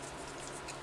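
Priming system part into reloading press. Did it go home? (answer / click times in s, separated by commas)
no / none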